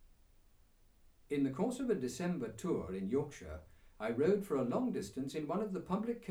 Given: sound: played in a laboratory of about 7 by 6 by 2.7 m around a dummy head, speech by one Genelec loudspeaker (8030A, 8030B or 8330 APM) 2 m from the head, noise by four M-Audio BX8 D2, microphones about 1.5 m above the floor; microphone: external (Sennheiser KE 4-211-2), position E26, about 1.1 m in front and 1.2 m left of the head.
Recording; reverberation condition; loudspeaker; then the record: male speech in English; low; 120 degrees to the left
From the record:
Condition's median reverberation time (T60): about 310 ms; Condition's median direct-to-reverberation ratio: about 3.5 dB